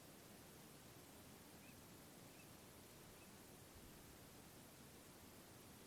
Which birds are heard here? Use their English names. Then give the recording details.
Eurasian Teal. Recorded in France